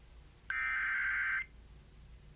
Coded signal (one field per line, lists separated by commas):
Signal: Emergency Alert System (SAME) tones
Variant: header bursts